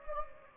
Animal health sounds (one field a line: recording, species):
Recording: mosquito wingbeat signal from an infrared sensor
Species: Anopheles gambiae